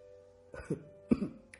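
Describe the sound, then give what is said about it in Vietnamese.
Two forceful, deliberate coughs about half a second apart, each a harsh noisy burst, followed by a faint short trailing sound, with no talking. “cố ý ho mạnh cho hai tiếng.”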